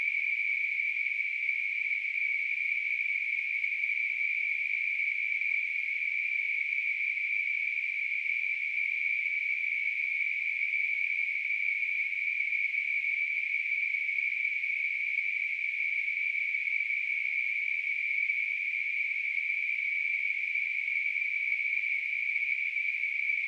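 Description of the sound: A steady, high-pitched hissing tone holds unchanged for about 23 seconds, with no pauses or shifts in loudness. This is a simulation of tinnitus, the phantom ringing or hissing that people with the condition hear constantly.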